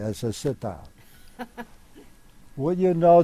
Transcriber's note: chuckles